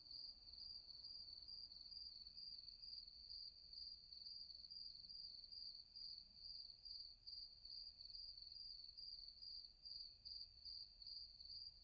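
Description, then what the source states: Cricket chirping steadily, a high pulsed trill that holds one pitch and pulses roughly twice a second, with faint low rumble beneath. Several crickets.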